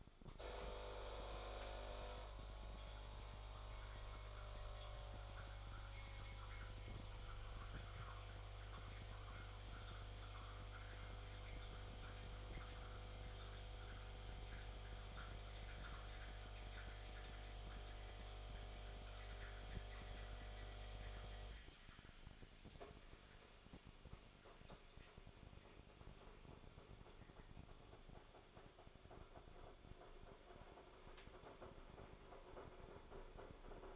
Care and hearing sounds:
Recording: daily activity, microphone in the room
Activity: make coffee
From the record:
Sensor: 5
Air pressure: 1014.8 hPa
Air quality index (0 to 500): 199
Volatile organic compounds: 8 ppm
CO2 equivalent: 2121 ppm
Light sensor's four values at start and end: 16/38/15/13 and 16/38/15/13

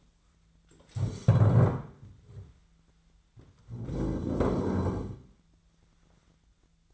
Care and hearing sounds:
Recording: daily activity, microphone in the room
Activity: stand up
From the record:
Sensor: 3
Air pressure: 1008.1 hPa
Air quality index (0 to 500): 192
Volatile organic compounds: 14 ppm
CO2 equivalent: 2462 ppm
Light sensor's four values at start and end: 12/29/12/12 and 12/28/12/12

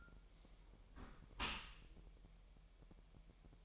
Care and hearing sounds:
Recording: daily activity, microphone in the room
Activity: close dishwasher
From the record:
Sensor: 1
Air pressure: 1000.7 hPa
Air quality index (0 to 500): 248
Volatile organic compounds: 147 ppm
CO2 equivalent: 4008 ppm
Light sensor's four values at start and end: 12/28/11/12 and 12/28/11/12

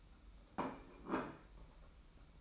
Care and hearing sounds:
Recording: daily activity, microphone in the room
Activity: place plate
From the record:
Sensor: 1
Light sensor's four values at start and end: 28/97/37/38 and 28/97/37/38

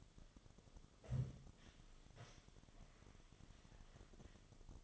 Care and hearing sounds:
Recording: daily activity, microphone in the room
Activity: sit down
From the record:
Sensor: 4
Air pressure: 1005.9 hPa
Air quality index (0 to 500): 92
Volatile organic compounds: 2 ppm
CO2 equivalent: 1150 ppm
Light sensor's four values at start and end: 13/29/11/10 and 13/29/11/10

